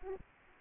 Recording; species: mosquito wingbeat signal from an infrared sensor; Aedes aegypti